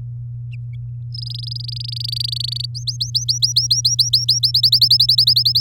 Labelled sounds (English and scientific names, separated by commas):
Domestic Canary (Serinus canaria) song